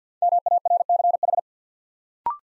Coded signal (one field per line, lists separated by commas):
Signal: Morse code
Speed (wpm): 50 wpm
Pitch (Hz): 700 Hz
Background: none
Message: MARCH